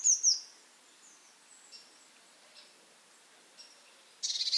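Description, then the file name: Eurasian blue tit making a few high, thin notes, then brief sparse peeps, ending with a quick burst of rapid scolding notes. "Cyanistes caeruleus"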